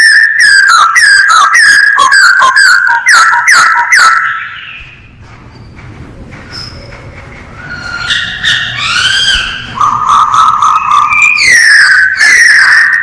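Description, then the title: Masked laughingthrush song: rapid repeated clipped whistles, a quiet lull of a few seconds, then renewed whistled phrases rising and falling. Known locally as poksay hongkong; described as gacor, singing actively and persistently. "Kicau Burung Poksay Hongkong Gacor"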